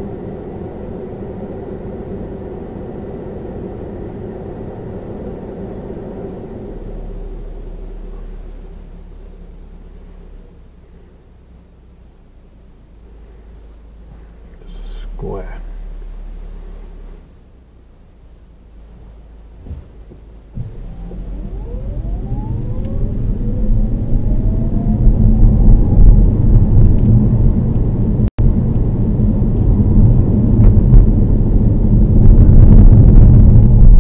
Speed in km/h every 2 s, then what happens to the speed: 0, 0, 0, 0, 0, 0, 0, 0, 0, 0, 3, 16, 27, 31, 32, 31, 29.
0-19 standing. 19-28 pulls away to 32. 28-34 steady at about 31.